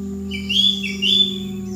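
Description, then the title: Bird uttering two brief whistled chirps about half a second apart, over a low steady hum. "SuaraBurung Kicau"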